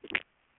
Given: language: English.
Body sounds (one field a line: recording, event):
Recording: throat vibration sensor signal played as sound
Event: swallow